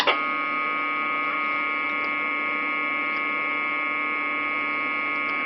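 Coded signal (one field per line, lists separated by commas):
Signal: packet radio (AX.25, as in APRS)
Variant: 1200 baud AFSK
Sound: continuous steady buzzy multi-tone warble, unchanging for about five seconds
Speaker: Now we'll switch to listen to the test signal.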